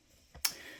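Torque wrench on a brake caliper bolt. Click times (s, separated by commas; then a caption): 0.4 s. A click-type torque wrench is pulled on the second brake caliper bolt while a Pumaspeed 302mm front big brake upgrade kit is installed on a Ford Fiesta ST180 MK7. A soft low knock at 0.4 s leads into one sharp, bright click at 0.5 s. The click confirms that the bolt has reached torque.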